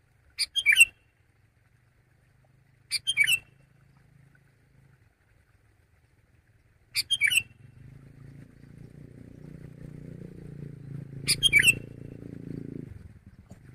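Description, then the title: Sooty-headed bulbul giving short bright chirpy phrases at irregular intervals, with a low rumbling background noise building in the second half. "kutilang"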